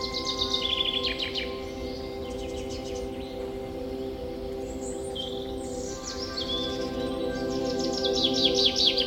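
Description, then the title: Birds singing in a chorus: quick high trills at the start, then sliding whistled notes and rapid chirp series near the end, with a constant droning hum beneath. Forest birdsong ambience with birds chirping. "Forest Birdsong Nature Sounds Bird Sounds Birds Chirping Ambience"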